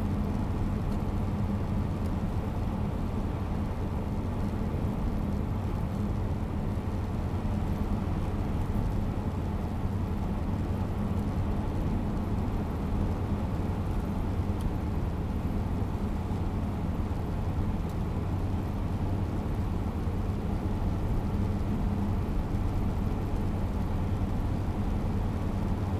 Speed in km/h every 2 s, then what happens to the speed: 94, 93, 93, 93, 93, 93, 92, 91, 91, 92, 93, 93, 94.
0-26 steady at about 93.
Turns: none.